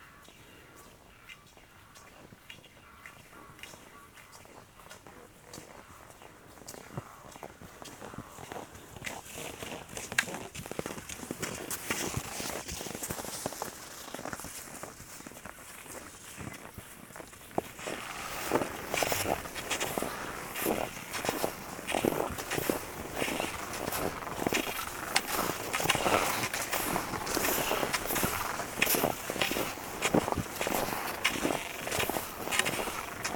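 Skis crunch and hiss over cold, dry snow in a steady rhythm of strides, growing louder and brisker after the midpoint.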